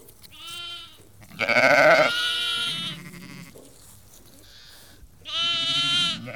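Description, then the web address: Sheep flock bleating, loud bursts separated by brief quieter gaps. About 30 to 50 ewes and lambs calling. "The BBC Sound Effects Library Livestock About 30-50 Ewes and Lambs Calling"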